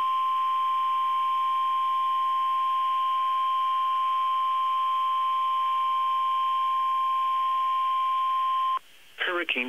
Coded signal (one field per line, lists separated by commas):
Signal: Emergency Alert System (SAME) tones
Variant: 1050 Hz attention tone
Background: speech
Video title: EAS #1720-1724 - HURRICANE FORCE WIND WARNINGS TONED AS HUWs on KEC73 3-1-2018